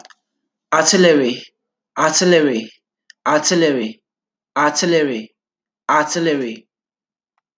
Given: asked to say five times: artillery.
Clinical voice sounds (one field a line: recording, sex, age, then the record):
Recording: repeated word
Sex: male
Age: 20 to 29 years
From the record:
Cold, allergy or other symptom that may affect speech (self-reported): no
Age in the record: 24 years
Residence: Nevada, United States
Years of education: 14